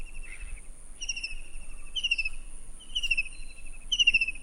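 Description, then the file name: White-throated kingfisher calling in repeated rapid rattling trills, each about a second long and slightly descending, roughly one per second, over a constant high-pitched insect drone. "cekakak belukar omkicau"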